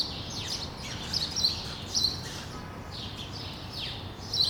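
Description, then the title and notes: Sparrow chirps, several sharp downslurred notes in quick bursts, with a constant low hum underneath. Several sparrows on Rue de l'épargne, Brussels, Belgium, recorded on World Sparrow Day using Lom mikroUši microphones into a Deity PR-2 recorder. "Rue de l'épargne, Bruxelles, Bruxelles-Capitale, Belgique - World Sparrow Day. Sparrows - moineaux"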